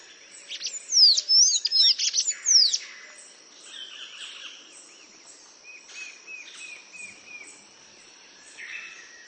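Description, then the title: Bird song: a burst of loud, rapid whistled sweeps and trills for about two seconds, followed by softer warbled phrases and short repeated notes over a steady high hiss. "LuckyPassaro Completos2Sama"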